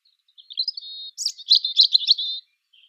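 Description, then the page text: European robin song: a thin high whistle leading into a fast jumble of sweet trills and twittering notes, then a brief soft high phrase; no other sounds. "Птицы-целители - Зарянка (Erithacus rubecula)"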